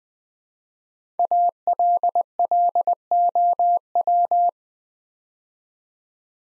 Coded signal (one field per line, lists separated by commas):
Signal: Morse code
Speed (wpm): 20 wpm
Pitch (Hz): 700 Hz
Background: none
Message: ALLOW